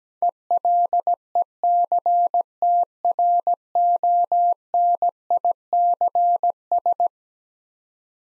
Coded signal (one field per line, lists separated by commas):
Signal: Morse code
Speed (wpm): 17 wpm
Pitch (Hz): 700 Hz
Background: none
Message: ELECTRONICS